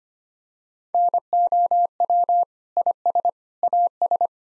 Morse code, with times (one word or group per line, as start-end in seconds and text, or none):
0.9-2.4 NOW
2.8-3.3 IS
3.6-4.3 AS